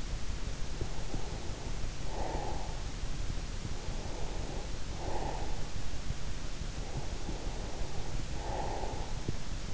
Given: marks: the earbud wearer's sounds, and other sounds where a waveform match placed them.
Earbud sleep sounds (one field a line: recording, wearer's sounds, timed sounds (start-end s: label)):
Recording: sounds in sleep by an in-ear microphone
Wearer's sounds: breath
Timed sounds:
0.77-3.24 s: breath
3.89-5.84 s: breath
6.75-9.73 s: breath